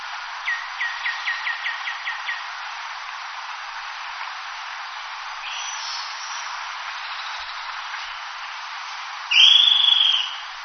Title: LuckyPassaro Completos2Sama. Short-crested Flycatcher (Myiarchus ferox)